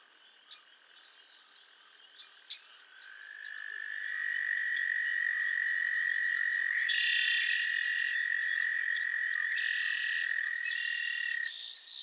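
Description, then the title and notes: Frog chorus: scattered short clicks, then a long sustained trill swells in and holds, with bursts of higher buzzy trills joining before it ends. Chorus of frogs calling to one another on a summer evening at Miners Marsh, Annapolis Valley, Nova Scotia. "Theraphonia - Frogsong at Miners Marsh. A chorus of frogs croon to one another on an idyllic summer evening in Miners Marsh, Annapolis Valley, Nova Scotia"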